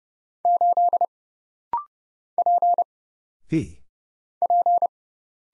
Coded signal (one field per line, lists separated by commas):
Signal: Morse code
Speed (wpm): 29 wpm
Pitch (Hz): 700 Hz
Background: none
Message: 8 P P